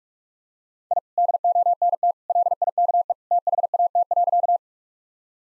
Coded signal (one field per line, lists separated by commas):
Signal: Morse code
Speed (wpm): 44 wpm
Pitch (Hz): 700 Hz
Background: none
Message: I DONT LIKE THAT.